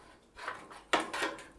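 A removable panel is pushed into a Corsair 4000D Airflow ATX mid-tower PC case, producing a soft knock around 0.5 s and a sharper, louder knock at 0.9 s, followed by rubbing and bumping. The panel is stuck and does not go home; nothing has seated or clicked yet.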